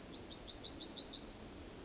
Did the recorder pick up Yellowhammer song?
yes